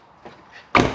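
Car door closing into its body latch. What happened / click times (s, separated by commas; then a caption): The car door slammed and latched shut / 0.8 s. The driver's door of a 1984 Datsun 300ZX Turbo is swung shut into its body latch after its power windows and door locks are shown. Faint low rumbling and a soft bump lead into one loud, sharp slam-and-latch hit at 0.8 s that rings out and fades. The door latches closed.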